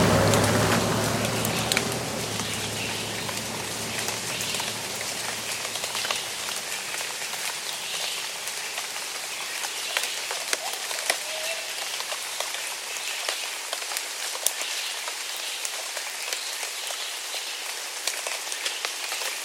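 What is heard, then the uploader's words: Steady rain falls on a surface, a dense hiss of drops with sharper taps scattered throughout. A low rumble under the first few seconds fades away, leaving the patter thinner and brighter. A faint bird call may come through around the middle. Burbank Rain. It was a chilly day in late December of 2020 when we were in our apartment in Burbank, CA. Luckily we were blessed with a lovely rainy day that allowed us to go out on the porch and just sit while we smell the rain on the asphalt. This episode was recorded with a "Zoom H8 Field Recorder".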